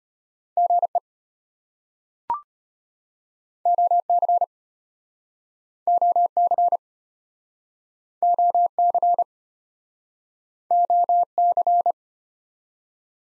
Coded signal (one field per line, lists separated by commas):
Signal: Morse code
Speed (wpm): 33 wpm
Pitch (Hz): 700 Hz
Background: none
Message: GE OC OC OC OC